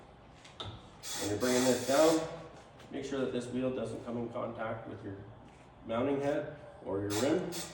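The lifted arm of a tire changing machine is swung around and its arm lock clicks into place with short metallic clicks at about 0.5 and 0.6 seconds, leaving the arm locked in position. Someone then talks for the rest of the clip.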